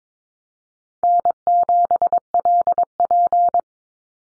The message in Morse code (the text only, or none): N7LP